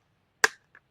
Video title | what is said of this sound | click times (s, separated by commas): 🚴 Unboxing & Full Assembly: YOSUDA Spin Bike – Let’s Ride! @WorldsGreatestDadReviews #REPOST | Kind of click in there. | 0.4 s